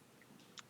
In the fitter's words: again red means action that's satisfying click and then i'm gonna put the combo tool mentioned before